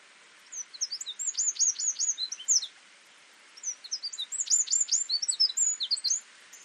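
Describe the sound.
Eurasian wren giving two loud song phrases of fast, high, sharply falling notes and twitters, separated by a short pause.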